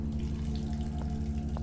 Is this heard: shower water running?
yes